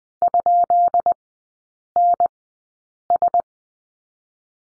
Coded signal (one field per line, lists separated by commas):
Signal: Morse code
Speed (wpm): 20 wpm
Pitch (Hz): 700 Hz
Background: none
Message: ?NS